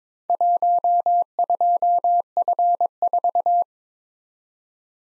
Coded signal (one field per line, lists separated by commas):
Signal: Morse code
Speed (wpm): 22 wpm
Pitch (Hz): 700 Hz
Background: none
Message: 12F4